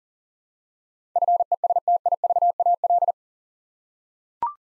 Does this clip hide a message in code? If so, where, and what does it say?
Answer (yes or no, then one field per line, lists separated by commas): yes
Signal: Morse code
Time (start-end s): 1.2-3.1 s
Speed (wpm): 40 wpm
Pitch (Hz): 700 Hz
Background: none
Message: FESTIVAL